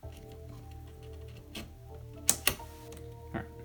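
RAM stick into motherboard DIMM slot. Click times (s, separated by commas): 2.3 s, 2.5 s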